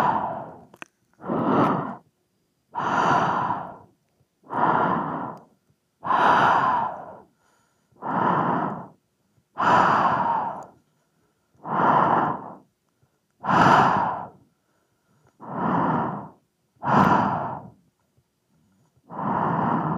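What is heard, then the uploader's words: Breathing into a microphone, with loud, airy breaths in and out coming at a steady pace, about every second and a half across the twenty seconds. Each breath is a rough, hollow rush that swells and fades, with near silence between. ASMR Microphone Breathing.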